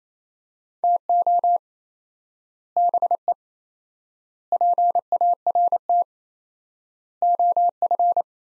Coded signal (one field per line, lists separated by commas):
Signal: Morse code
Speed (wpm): 28 wpm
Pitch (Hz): 700 Hz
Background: none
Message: TO BE PART OF